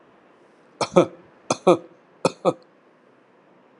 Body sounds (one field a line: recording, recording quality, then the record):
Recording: shallow voluntary cough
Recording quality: excellent, no background noise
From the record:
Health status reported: healthy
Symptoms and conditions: none ticked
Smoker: not ticked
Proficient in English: yes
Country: India